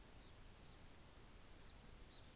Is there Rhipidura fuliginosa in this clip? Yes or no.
no